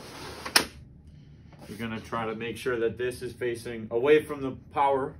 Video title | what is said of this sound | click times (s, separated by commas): Paradis Pool School! | you're just gonna go until it clicks you're | 0.6 s